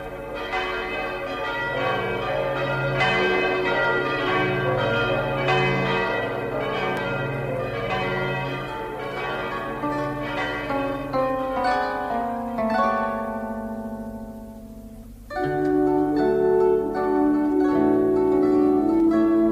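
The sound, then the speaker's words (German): Several new church bells, ringing for the first time and for a dozen weddings, peal together in a continuous, overlapping chime, rich and resonant with layered tones, briefly fading before a fresh loud round of ringing resumes. “Und als die neuen Glocken zum ersten Mal läuteten, da läuteten sie nicht nur um ihrer selbst willen, sondern auch für ein Dutzend Hochzeiten.”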